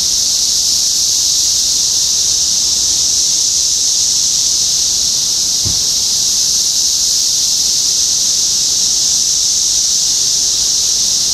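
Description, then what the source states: Cicadas droning without a break, a high continuous rasping hiss; one brief soft knock sounds midway. Cicadas recorded in Topeka, Kansas, on 14 June 2015.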